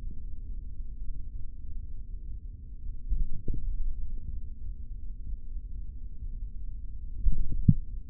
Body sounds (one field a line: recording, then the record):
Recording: forearm muscle sounds (acoustic myography)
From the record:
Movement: hand opening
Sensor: system 3, bracelet of six PUI Audio POM-2738L microphones around the upper forearm, with dedicated amplification and filtering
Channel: 3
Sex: male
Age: 26 years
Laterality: right